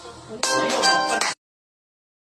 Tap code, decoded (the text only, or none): none